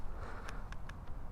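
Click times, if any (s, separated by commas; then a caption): none. A NAVEE GT3 Pro electric scooter's folding stem is being raised back up toward its folding joint lock. Over a steady low rumble, a few short, sharp ticks of handling come through near 0.5, 0.7 and 0.9 seconds. The stem has not yet locked upright; nothing has seated or clicked into place.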